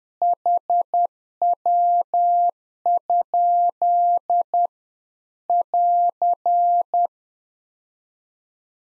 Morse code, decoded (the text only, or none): HW? <AR>